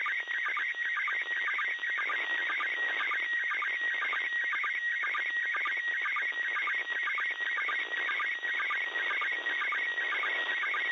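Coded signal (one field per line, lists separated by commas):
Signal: SSTV (slow-scan television)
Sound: warbling tone around 2 kHz with regular short low chirps, repeating steadily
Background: radio static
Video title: Pase ISS SSTV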